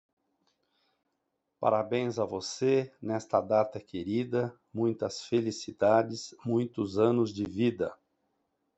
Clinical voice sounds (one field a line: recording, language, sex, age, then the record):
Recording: short text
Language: Brazilian Portuguese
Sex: male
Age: 50 to 59 years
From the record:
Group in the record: control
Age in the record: 59 years